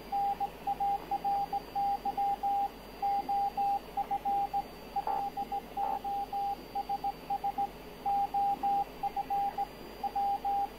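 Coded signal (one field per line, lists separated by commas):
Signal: Morse code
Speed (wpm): 18 wpm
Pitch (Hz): 800 Hz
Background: radio noise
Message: NARY OF LOSS OF W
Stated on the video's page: Special Morse broadcast by German maritime weather station on longwave 147.3 kHz, 20 kW transmitter, Titanic memorial, normally RTTY weather teletype.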